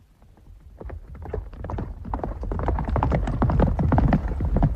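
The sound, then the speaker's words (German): Horse hooves clip-clop in a quick, uneven rhythm of sharp knocks as several horses are ridden away at night, the hoofbeats building steadily louder, with no voices. “Schont die Pferde, Mohalab! Wir brauchen einen Vorsprung.”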